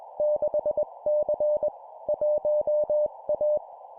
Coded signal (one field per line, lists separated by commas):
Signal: Morse code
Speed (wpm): 21 wpm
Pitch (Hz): 600 Hz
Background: none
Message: 6C 1A